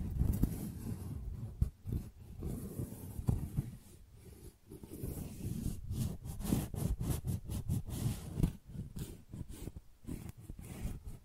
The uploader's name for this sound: Tingly Flower Sounds